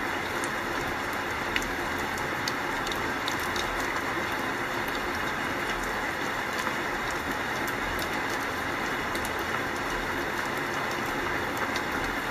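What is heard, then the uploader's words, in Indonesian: Rain falls in a steady, dense hiss that holds an even level from start to finish. Faint clicks and ticks scatter across the top, like drops striking hard surfaces, over a low, soft rumble underneath. Suara hujan.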